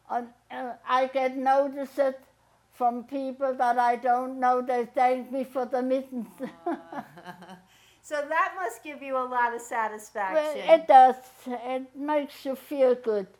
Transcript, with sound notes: I get notices from people that I don't know that thank me for the mittens. (both laugh)
So that must give you a lot of satisfaction.
Well, It does. It makes you feel good